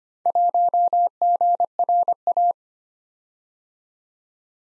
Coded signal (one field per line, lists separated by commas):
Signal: Morse code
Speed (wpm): 25 wpm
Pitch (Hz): 700 Hz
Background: none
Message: 1GRA